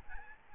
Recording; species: mosquito wingbeat signal from an infrared sensor; Aedes albopictus